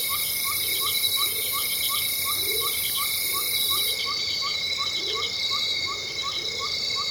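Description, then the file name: Insects droning loudly in a high hissing chorus with a constant whine. Short chirps repeat steadily, and low swelling hoots come and go. Loud insects in a tropical rainforest ambience in Venezuela. "felix blume nature tropical rainforest ambience venezuela loud insects"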